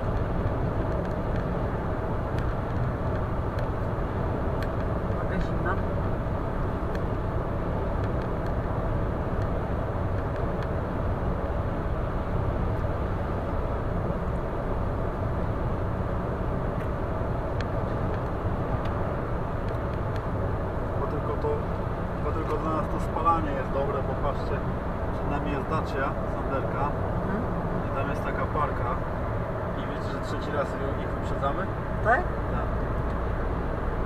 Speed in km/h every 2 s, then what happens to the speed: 111, 111, 111, 111, 111, 111, 111, 111, 111, 110, 110, 107, 106, 106, 105, 103, 103.
0-17 steady at about 111. 17-29 slows to 103.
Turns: none.